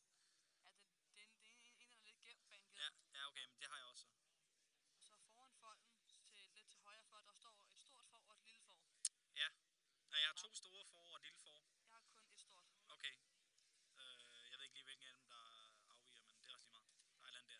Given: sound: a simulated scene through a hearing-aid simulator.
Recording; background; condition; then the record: conversation; quiet; 55 dB SPL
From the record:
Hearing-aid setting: standard clinical setting (NAL); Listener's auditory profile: B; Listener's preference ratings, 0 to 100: 25, 66, 47